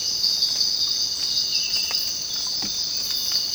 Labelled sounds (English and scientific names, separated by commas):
none